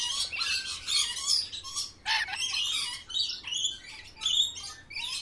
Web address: sound from a zoo where parrots are kept in cages